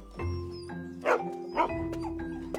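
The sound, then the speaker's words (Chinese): Several dogs in the upstairs inpatient ward of an animal hospital bark excitedly at visitors arriving late at night, short overlapping bursts, with two louder yaps standing out above a steady background hum and chorus of yips. “楼上的住院部里啊，热闹着，见着大半夜的有人来了，一堆毛孩子都很兴奋地对着他们叫。”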